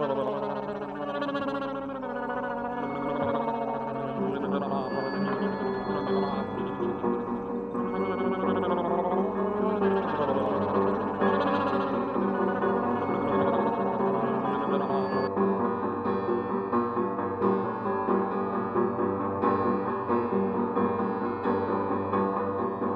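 Everyday objects and invented instruments play a steady, dense drone of layered wavering tones, mid-pitched and sustained with slow shifting swells throughout.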